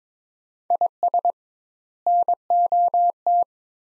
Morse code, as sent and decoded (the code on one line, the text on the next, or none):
.. ... / -. --- -
IS NOT